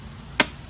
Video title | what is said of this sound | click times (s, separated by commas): WESCO 60V VOLT 5AH LITHIUM ION BATTERY CORDLESS ELECTRIC SELF PROPELLED 22” BIG REAR WHEEL LAWNMOWER | there we go the click you have to have a click | 0.4 s